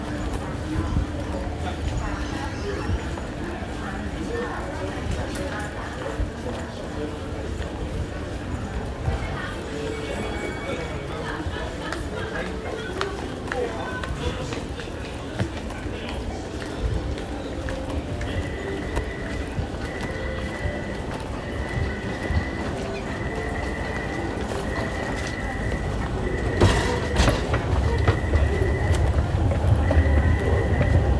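A busy metro station during the morning commute: a steady wash of crowd murmur, voices and footsteps fills the space. From about 18 seconds a high, regular beeping repeats, like a train door warning, and the din grows louder toward the end.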